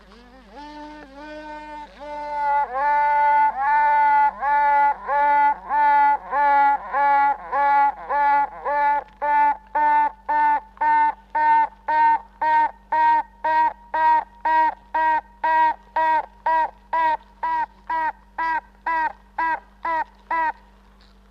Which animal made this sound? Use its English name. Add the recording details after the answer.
Honey Bee. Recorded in captivity. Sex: female. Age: imago. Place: Zoologisches Institut der HUB, Berlin, DE. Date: 1964-06-16 18:30. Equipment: BG 26/1, Grundig-Mikrofon. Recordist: Tembrock, Günter